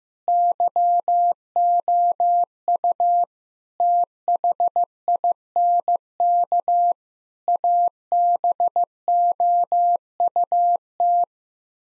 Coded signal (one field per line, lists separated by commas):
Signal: Morse code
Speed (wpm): 15 wpm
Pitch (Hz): 700 Hz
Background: none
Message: YOU THINK ABOUT